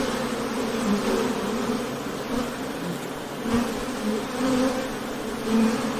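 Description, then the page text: Honey bees humming in a dense continuous drone, with brief swells in loudness. Ambient honey bee wing-buzz sound, presented as ASMR background sound for work and sleep. "【環境音・ASMR】ミツバチの羽音3分｜ Honey Bees Sound【作業用・睡眠用BGM】"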